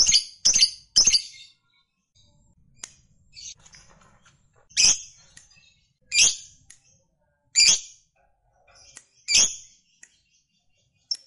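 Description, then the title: Lovebird calls: three quick, sharp, high chirps, a pause with faint twittering, then single harsh squeaky notes about every one and a half seconds. Recording played to prompt a reluctant lovebird into spontaneous, energetic singing. "LOVEBIRD Malas Bunyi JADI GREGET SPONTAN Langsung NARIK"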